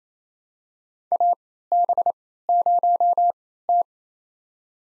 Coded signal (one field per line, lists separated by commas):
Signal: Morse code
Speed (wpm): 28 wpm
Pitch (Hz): 700 Hz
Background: none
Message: AB0T